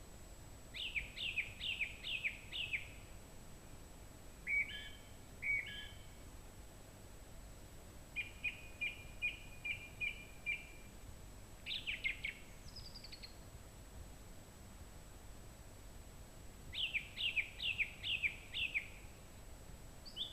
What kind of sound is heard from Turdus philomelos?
song